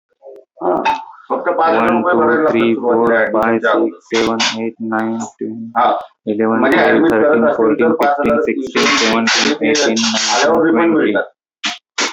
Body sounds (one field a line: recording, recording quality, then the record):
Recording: counting at a normal pace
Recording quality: excellent, no background noise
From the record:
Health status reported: exposed to COVID-19, no respiratory illness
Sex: male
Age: 31 years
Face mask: not worn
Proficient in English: yes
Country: India